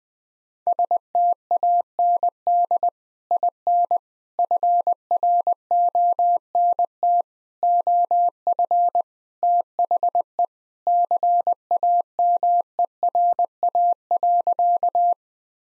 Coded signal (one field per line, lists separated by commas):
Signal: Morse code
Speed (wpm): 20 wpm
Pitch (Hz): 700 Hz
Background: none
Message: STAND IN FRONT OF THE CAMERA.